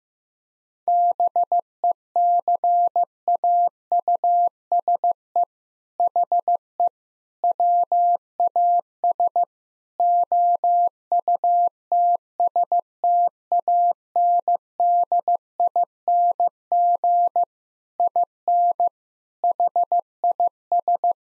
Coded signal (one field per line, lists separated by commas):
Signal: Morse code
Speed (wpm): 15 wpm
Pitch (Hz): 700 Hz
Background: none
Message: BECAUSE HE WAS OUTSTANDING IN HIS